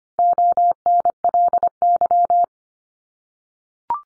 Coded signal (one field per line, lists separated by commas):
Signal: Morse code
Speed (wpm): 25 wpm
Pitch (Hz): 700 Hz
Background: none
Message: ONLY